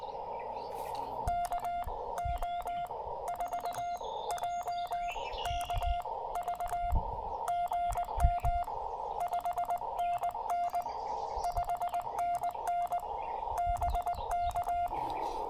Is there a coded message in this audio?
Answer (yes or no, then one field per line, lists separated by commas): yes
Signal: Morse code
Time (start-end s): 1.3-14.9 s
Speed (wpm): 20 wpm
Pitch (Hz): 700 Hz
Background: none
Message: KO4JKV GM 5NN 5NN BK